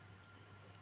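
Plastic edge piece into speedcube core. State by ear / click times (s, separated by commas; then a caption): not seated / none. A plastic edge piece of an RS33M 2020 magnetic speedcube with centre-edge magnets is handled against the partly assembled plastic core. Only a steady low hum and faint broadband noise are heard, with no sharp sounds. Nothing has seated or clicked yet.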